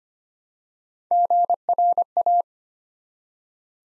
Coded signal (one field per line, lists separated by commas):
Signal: Morse code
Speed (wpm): 26 wpm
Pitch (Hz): 700 Hz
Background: none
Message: GRA